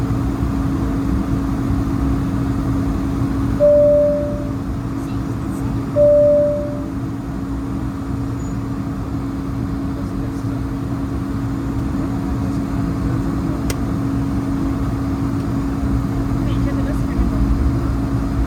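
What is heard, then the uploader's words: Steady, dense engine drone of a flight with a constant low hum, broken by two short chime tones around four and six seconds. Airbus A220 London Heathrow to Düsseldorf (airBaltic). Full flights with all of it's sounds including passenger announcements, service and of course the engines.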